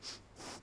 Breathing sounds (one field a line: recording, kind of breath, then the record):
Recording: one breath in and out by a microphone near the nose and mouth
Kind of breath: strong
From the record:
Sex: male